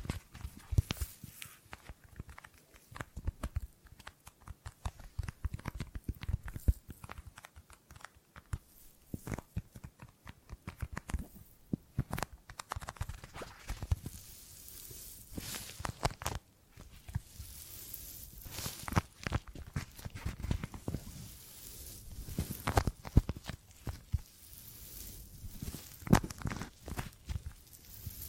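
Gripping and grabbing sounds: dense, irregular clusters of short rustling and tapping clicks run through the whole recording, with brief quieter gaps around 12 and 16 seconds. The handling noises are crisp and scratchy, with occasional louder knocks and thumps mixed in.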